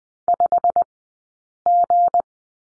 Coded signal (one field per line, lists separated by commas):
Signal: Morse code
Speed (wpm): 20 wpm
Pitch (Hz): 700 Hz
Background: none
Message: 5G